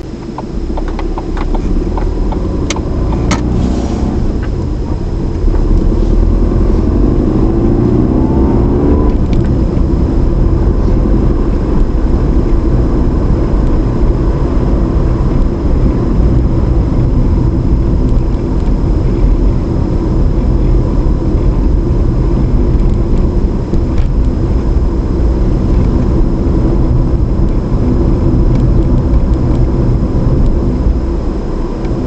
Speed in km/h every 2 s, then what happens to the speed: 13, 16, 23, 34, 35, 37, 39, 37, 34, 34, 35, 35, 37, 37, 39, 39.
0-10 speeds up to 37. 10-32 steady at about 37.